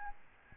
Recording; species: mosquito wingbeat signal from an infrared sensor; Aedes albopictus